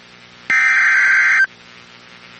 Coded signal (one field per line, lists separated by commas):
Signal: Emergency Alert System (SAME) tones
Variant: header bursts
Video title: 2026 IS SLIGHT RISK RIGHT??? EAS Alerts From 3/4/26 (EAS#5,192 - 5,216)